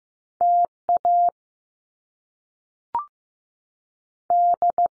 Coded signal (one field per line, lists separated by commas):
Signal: Morse code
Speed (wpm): 15 wpm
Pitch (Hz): 700 Hz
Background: none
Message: T A D